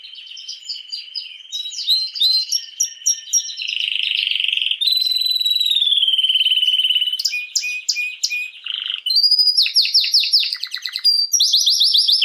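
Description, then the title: Canary song with a long smooth whistled tone sliding down gently, then quick chips and fast descending rolled trills, loud and sustained. Belgian canary male named Raiden singing a lot; meant to warm up young birds. "Esquente Seu Filhote E Canario Belga Macho Cantando Muito. Canrio Belga RAIDEN Cantando Muito - Esquente seu Canrio Belga"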